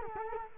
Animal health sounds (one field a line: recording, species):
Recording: mosquito wingbeat signal from an infrared sensor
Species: Culex quinquefasciatus